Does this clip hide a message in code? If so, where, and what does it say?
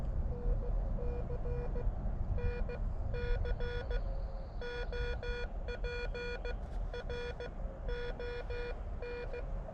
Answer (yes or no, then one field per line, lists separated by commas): yes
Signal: Morse code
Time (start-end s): 0.3-9.4 s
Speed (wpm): 16 wpm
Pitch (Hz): 480 Hz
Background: none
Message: NC NC OP RON